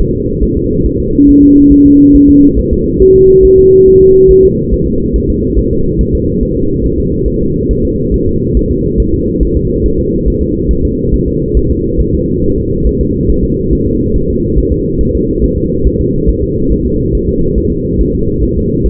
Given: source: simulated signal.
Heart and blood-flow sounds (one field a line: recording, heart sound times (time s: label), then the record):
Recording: fetal heart sounds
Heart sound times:
0.00 s: S1
0.15 s: S2
0.43 s: S1
0.57 s: S2
0.86 s: S1
1.00 s: S2
1.29 s: S1
1.43 s: S2
1.72 s: S1
1.86 s: S2
2.15 s: S1
2.29 s: S2
2.59 s: S1
2.73 s: S2
3.02 s: S1
3.16 s: S2
3.45 s: S1
3.59 s: S2
3.88 s: S1
4.02 s: S2
4.31 s: S1
4.45 s: S2
4.74 s: S1
4.88 s: S2
5.16 s: S1
5.30 s: S2
5.59 s: S1
5.73 s: S2
6.01 s: S1
6.15 s: S2
6.43 s: S1
6.57 s: S2
6.86 s: S1
7.00 s: S2
7.28 s: S1
7.42 s: S2
7.71 s: S1
7.85 s: S2
8.14 s: S1
8.28 s: S2
8.57 s: S1
8.71 s: S2
9.00 s: S1
9.14 s: S2
9.43 s: S1
9.57 s: S2
9.86 s: S1
10.00 s: S2
10.28 s: S1
10.42 s: S2
10.71 s: S1
10.85 s: S2
11.14 s: S1
11.28 s: S2
11.57 s: S1
11.71 s: S2
12.00 s: S1
12.14 s: S2
12.44 s: S1
12.58 s: S2
12.87 s: S1
13.01 s: S2
13.30 s: S1
13.44 s: S2
13.73 s: S1
13.87 s: S2
14.16 s: S1
14.30 s: S2
14.58 s: S1
14.72 s: S2
15.01 s: S1
15.15 s: S2
15.44 s: S1
15.58 s: S2
15.87 s: S1
16.01 s: S2
16.30 s: S1
16.44 s: S2
16.72 s: S1
16.86 s: S2
17.15 s: S1
17.29 s: S2
17.58 s: S1
17.72 s: S2
18.01 s: S1
18.15 s: S2
18.43 s: S1
18.58 s: S2
18.86 s: S1
From the record:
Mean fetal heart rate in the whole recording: 140 bpm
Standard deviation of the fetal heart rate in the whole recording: 2 bpm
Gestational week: 34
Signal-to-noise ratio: -15.3 dB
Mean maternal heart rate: 72 bpm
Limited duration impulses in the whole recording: present